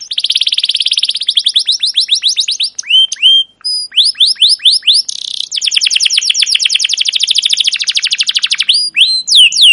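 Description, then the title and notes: Canary song, fast trilled chirps in rapid runs, broken by upward-sweeping whistled notes and short buzzy bursts, continuing almost without pause. Captive canary song used as a training lure for young canaries learning sounds; long continuous chirping style called cuit cuit ngerol. "CUIT CUIT NGEROL LANGSUNG GACOR PANJANG Kenari Ini AMPUH Utk Pancingan KENAR. PANCINGAN Kenari GACOR PANJANG Cuit CUIT EMOSI ini AMPUH utk MASTERAN Kenari PAUD belajar BUNYI. burung kenari"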